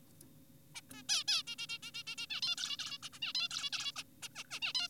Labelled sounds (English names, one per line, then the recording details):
Zebra Finch
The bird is an adult
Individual g4p5U